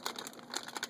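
A memory module is handled and pressed down into a motherboard DIMM slot, giving a few short, faint handling ticks and scrapes over about a second. The module has not seated or clicked into the slot yet.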